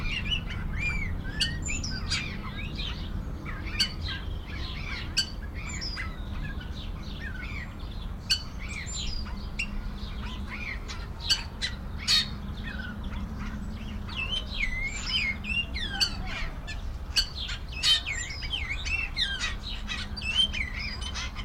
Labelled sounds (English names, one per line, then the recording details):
Yellow-billed Grosbeak
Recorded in captivity
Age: adult
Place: Tierpark Berlin, Berlin, DE
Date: 1993-03-13 11:42
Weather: 5-12°C, heiter
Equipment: Marantz CP 430, Sennheiser ME 80, Kopie Uher Variocord 263
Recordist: Tembrock, Günter